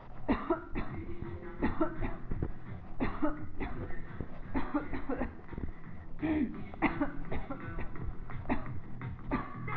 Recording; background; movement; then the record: voluntary coughing; music; walking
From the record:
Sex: female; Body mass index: 22.6 kg/m2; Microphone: on the chest, facing the body